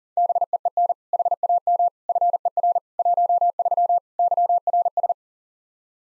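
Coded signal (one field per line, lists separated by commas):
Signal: Morse code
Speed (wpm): 37 wpm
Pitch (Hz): 700 Hz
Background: none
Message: BEEN HAM FER 13 YRS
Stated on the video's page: Morse code practice QSO at 40 wpm, "More Information" segment (ham fer, age, occupation), each segment sent, spoken, then sent again.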